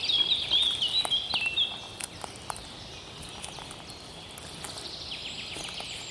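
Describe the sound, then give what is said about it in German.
Footsteps crunch over old pine cones, small twigs, old leaves and pine needles on a forest walk, in quiet, irregular crackles and snaps, while high bird chirps twitter over the first couple of seconds. “Unter meinen Füßen knacken alte Tannenzapfen und kleine Zweiglein und altes Laub und Tannennadeln.”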